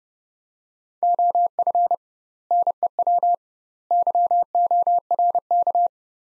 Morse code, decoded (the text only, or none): OF NEW YORK